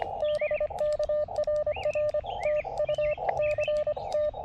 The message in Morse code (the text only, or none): BK RR TU CT